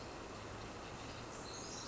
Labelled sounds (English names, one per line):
Pacific Wren